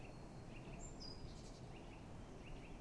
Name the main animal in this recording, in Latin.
Parus major